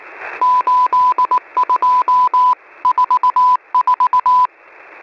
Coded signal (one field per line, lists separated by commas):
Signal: Morse code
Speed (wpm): 19 wpm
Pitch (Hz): 1000 Hz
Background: none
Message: 8244